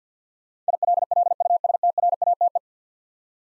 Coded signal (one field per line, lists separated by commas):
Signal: Morse code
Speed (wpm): 47 wpm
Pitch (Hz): 700 Hz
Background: none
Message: ILLUSTRATE